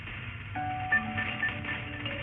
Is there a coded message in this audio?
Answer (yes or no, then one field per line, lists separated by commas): no